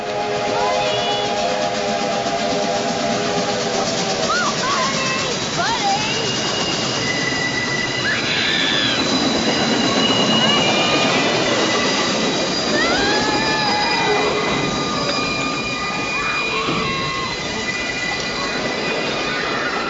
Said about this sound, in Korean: 레일 사이에 구두가 끼어서 빠지지 않습니다. 멀리서 기차 기적 소리가 빠르게 다가옵니다. 이츠와루스는 발을 동동 구릅니다. 빠지지 않는 구두를 아예 벗어버리려고 정신없이 구두끈을 푸는 버디. 하지만 구두에서 발을 빼는 순간 기차는 버디를 덮치고 맙니다.